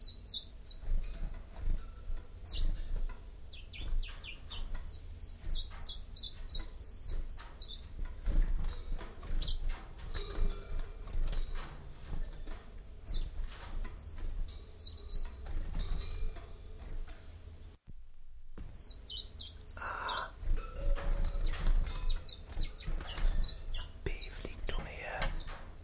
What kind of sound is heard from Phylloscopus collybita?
song